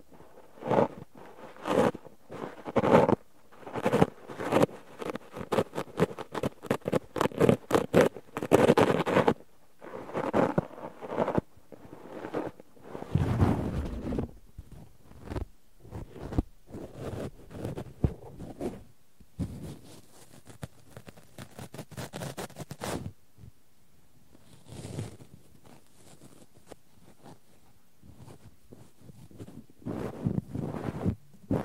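Cotton being handled with tweezers makes dense, crackly rustling and scratching in quick irregular bursts. The first half is busy and fuller, with a heavy rub around thirteen seconds. After that the sounds thin out into sparser, softer scrapes and ticks separated by short silences.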